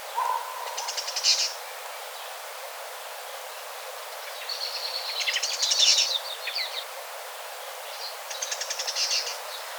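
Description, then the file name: Great tit calls: three bursts of rapid, buzzy chattering notes spread throughout, with a short low whistled note at the very start. "Parus major"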